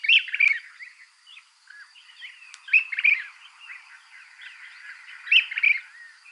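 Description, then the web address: Brown-crested flycatcher calls: bright, sharp whistled notes in short phrases about every two and a half seconds, with softer chattering notes between them. Recorded in Ecuador. "Natures Songs S America Birds of Ecuador. Brown-Crested Flycatcher"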